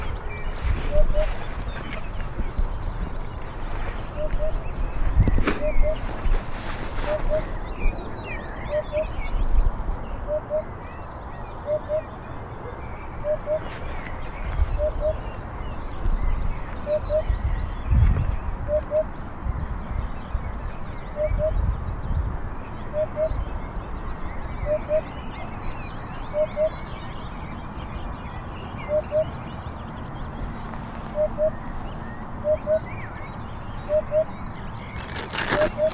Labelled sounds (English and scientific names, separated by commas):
Eurasian Hoopoe (Upupa epops)